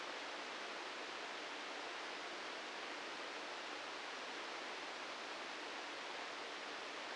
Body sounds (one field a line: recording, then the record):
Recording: brain microelectrode recording played as sound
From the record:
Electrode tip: outside the subthalamic nucleus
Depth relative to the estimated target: 2 mm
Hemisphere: right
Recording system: NeuroSet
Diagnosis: Parkinson's disease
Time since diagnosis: 9 years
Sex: male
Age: 61 years